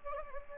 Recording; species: mosquito wingbeat signal from an infrared sensor; Anopheles gambiae